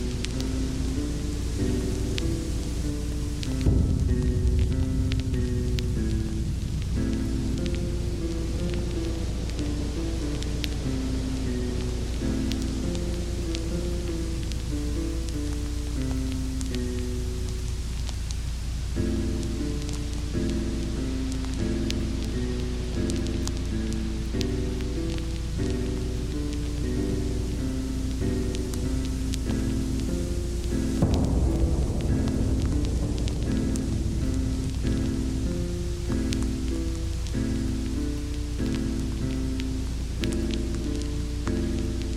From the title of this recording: Thunder & Piano